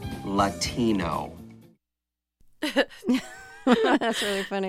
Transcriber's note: laughter